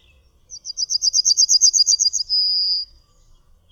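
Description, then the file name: Yellowhammer song: a quick run of many high, chipping notes that build in loudness, ending in one drawn-out, steady high note. "Trznadel"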